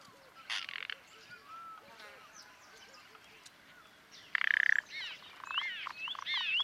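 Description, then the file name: Common nightingale song: varied whistled and chirping phrases with sharp rising and falling notes, louder over the last few seconds after softer scattered notes. "Luscinia megarhynchos"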